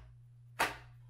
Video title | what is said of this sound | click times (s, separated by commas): Absurd Innovation #6: 1,200 Round Nerf Rival Prometheus with 3DPrinted Solid God Hopper | tucks right inside and snaps | 0.6 s